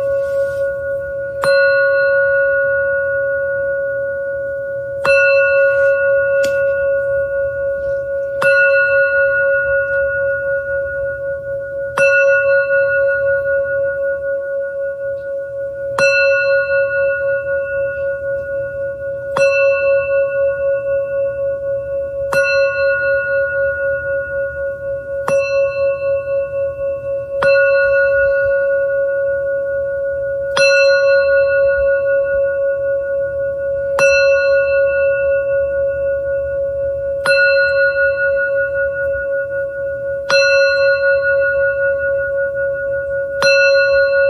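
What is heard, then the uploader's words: A singing bowl is struck about every three to four seconds, each bright ring swelling then fading over a continuous low, steady hum. Venus Gong, Chiron Gong and Sacred Yoni Tibetan Singing Bowl.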